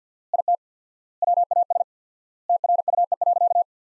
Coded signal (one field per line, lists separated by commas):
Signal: Morse code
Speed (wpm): 45 wpm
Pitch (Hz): 700 Hz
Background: none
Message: IT WAS TRUE.